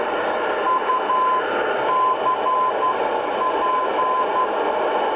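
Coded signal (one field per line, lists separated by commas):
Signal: Morse code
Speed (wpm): 11 wpm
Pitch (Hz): 1020 Hz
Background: radio noise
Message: UCP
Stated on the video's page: CW nondirectional beacons on the long wave band, received in AM mode on a Zenith 790 Royal transistor portable with passive loop, midday, up to 390 miles away, with local noise.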